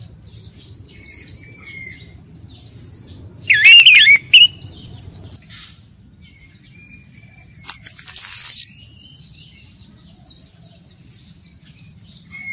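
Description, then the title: Orange-headed Thrush song: a loud burst of rich, twisting whistles around four seconds and a loud rattling burst around eight seconds, over steady, rapid, high descending chirps. Bird described as gacor, meaning singing vigorously and persistently. "Anis Kembang Gacor"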